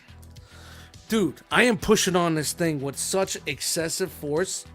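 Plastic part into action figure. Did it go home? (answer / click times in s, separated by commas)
no / none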